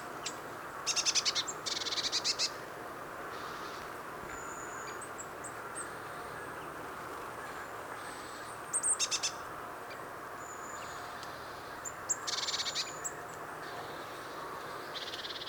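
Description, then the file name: Eurasian blue tit churring in short scratchy bursts, mixed with faint high thin whistles, with long quiet gaps of soft hiss between the calls. "Cyanistes caeruleus"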